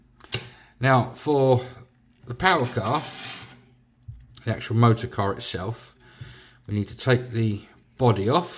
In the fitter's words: So, put the door back on. Make sure it clicks in.